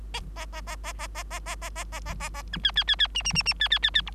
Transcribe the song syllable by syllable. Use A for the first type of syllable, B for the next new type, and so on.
A A A A A A A A A A A A A A B C C C C D D D D C C C C E